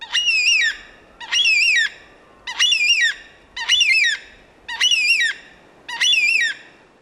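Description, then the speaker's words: Carnaby's Black Cockatoo calls: six drawn-out wailing squawks, each rising then falling, given a little over a second apart. Western Australia; ranges a bit further north than Baudin's Black Cockatoo, and its calls sound pretty close to Baudin's. "The Carnaby's extends a bit further north, and that one sounds like this."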